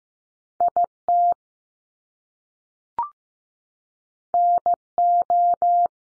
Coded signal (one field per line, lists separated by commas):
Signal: Morse code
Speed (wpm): 15 wpm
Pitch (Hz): 700 Hz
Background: none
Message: I TN O